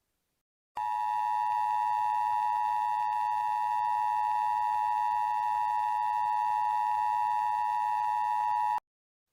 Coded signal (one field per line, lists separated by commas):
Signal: Emergency Alert System (SAME) tones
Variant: 853 and 960 Hz attention tone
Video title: Winter Storm Warning in Michigan (EAS Mock) 12/28/17